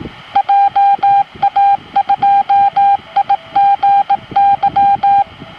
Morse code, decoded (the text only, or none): JA2IGY